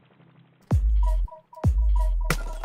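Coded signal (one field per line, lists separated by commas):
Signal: none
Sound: music production beeps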